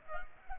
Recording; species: mosquito wingbeat signal from an infrared sensor; Culex pipiens